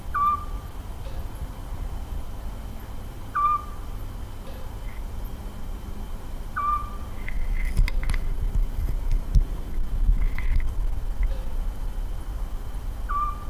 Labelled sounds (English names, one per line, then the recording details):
Eurasian Scops Owl
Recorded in the wild
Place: Piskopiano, Insel Kreta, GR
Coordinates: 35.2242, 25.45
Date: 1996-09-29 22:00
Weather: 18°C, cloudy
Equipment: Sony MD-WM MZ-R3, Sennheiser MKH 416 T, Kopie Uher 4000 Report Monitor
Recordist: Tembrock, Günter